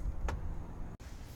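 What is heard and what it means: A 2017 GMC Acadia SLE 2's power liftgate, closed with its button, latches shut onto the vehicle body striker with a short, sharp click at 0.3 s. The click stands out over a low background rumble. The liftgate closes smoothly and locks into place.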